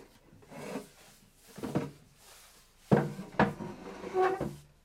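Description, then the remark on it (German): A wooden chair scrapes and knocks as it is dragged and set down, with grinding rubs followed by a few sharp wooden thuds. “Hier hast du einen Stuhl. Setz dich.”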